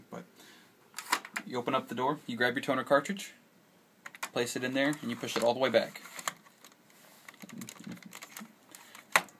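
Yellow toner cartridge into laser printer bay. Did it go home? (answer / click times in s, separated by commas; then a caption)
partly / 9.2 s. A yellow plastic toner cartridge is placed into the bay of a Dell 2155cn laser printer and pushed all the way back while someone talks, with light plastic handling clicks. The loudest hit, at 9.2 s, is the cartridge bottoming out, but it does not stay fully seated until the blue lock lever is moved.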